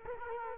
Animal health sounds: mosquito wingbeat signal from an infrared sensor; Culex quinquefasciatus

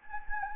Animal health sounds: mosquito wingbeat signal from an infrared sensor; Anopheles gambiae

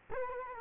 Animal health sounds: mosquito wingbeat signal from an infrared sensor; Culex quinquefasciatus

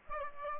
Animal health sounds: mosquito wingbeat signal from an infrared sensor; Aedes aegypti

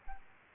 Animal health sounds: mosquito wingbeat signal from an infrared sensor; Aedes albopictus

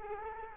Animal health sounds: mosquito wingbeat signal from an infrared sensor; Culex quinquefasciatus

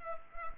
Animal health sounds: mosquito wingbeat signal from an infrared sensor; Culex pipiens

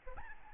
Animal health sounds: mosquito wingbeat signal from an infrared sensor; Aedes albopictus

